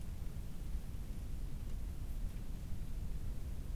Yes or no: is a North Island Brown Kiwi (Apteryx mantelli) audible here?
no